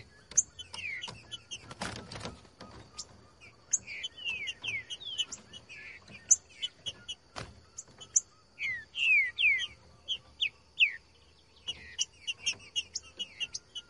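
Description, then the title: Green-winged Saltator gives clear whistled, downward-sliding phrases and chips throughout, broken by a few sharp clicks and knocks. Sung in the bush; recording meant to prompt a trinca-ferro to sing; song style called 'voz 10'. "Canto De Trinca Ferro Voz 10. TRINCA FERRO CANTANDO NO MATO. ESQUENTAR TRINCA FERRO"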